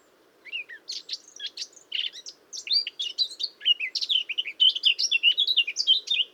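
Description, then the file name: Eurasian blackcap singing a continuous, hurried warble of scratchy and clear notes that grows louder and more fluty toward the end. "Sylvia atricapilla"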